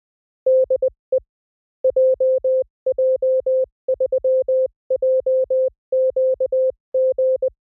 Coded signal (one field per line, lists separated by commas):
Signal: Morse code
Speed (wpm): 20 wpm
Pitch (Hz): 520 Hz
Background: music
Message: DE JJ3JQG